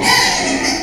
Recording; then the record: squeal of a Yucatan mini pig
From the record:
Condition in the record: before surgery on the right vocal fold (resection and tissue-engineered implant); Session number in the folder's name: 2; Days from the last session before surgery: 0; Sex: male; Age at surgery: 12 weeks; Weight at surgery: 13 kg